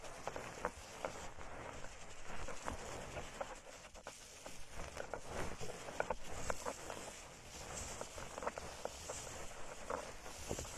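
Plants rub and brush in circles around the ears, giving a dense, continuous rustling and scratching with no pauses. Brief crackly snaps stand out often, and the texture stays fairly even, with occasional swells that have a slight whooshing, rain-like quality.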